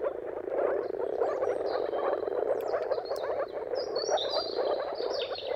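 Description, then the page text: Many moor frogs calling together as an unbroken low gurgling drone, with thin bird whistles and a few sharp ticks. Mating calls of a moor frog chorus at sunrise, heard at the turn of March and April depending on the weather. "Jakub-Orzecki moor frogs. Dawn’s Chorus: Mating Calls of Marsh Frogs at Sunrise - wp.earth.fm. Depending on the weather at the turn of March and April, you can witness an amazing spectacle of moor frogs"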